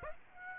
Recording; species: mosquito wingbeat signal from an infrared sensor; Aedes aegypti